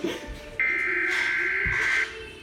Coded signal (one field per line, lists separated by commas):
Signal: Emergency Alert System (SAME) tones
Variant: header bursts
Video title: EAS #12 Flash Flood Warning